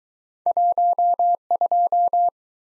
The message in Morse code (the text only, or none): 12